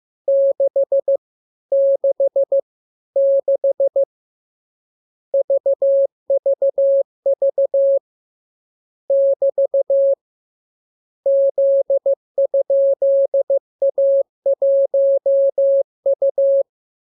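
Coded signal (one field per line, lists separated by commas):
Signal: Morse code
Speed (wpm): 15 wpm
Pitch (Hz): 550 Hz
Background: none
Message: 6 6 6 VVV <BT> Z?A1U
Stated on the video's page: Morse code lesson 38 of 42 for amateur radio receiving practice: radiogram opening with VVV and a section sign, ending with AR.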